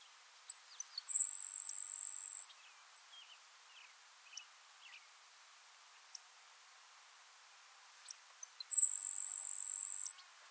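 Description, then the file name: Grasshopper sparrow song: two thin, high insect-like buzzes, each preceded by faint ticking notes, with scattered soft ticks between. "Grasshopper Sparrow - Ammodramus savannarum"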